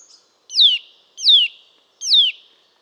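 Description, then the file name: Eurasian nuthatch calls, three loud descending 'tuit' notes, evenly spaced, after a faint short note at the start. "Sitta europaea"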